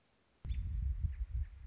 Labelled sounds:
American Robin

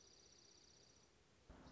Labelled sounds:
Dark-eyed Junco

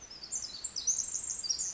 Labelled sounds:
Pacific Wren

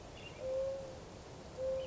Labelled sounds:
Mourning Dove

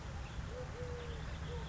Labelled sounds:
Eurasian Collared Dove

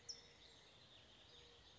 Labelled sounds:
California Towhee

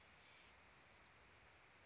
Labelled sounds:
California Towhee

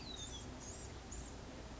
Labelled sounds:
Blue-gray Gnatcatcher

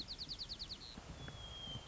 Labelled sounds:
White-crowned Sparrow

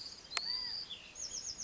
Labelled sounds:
California Quail

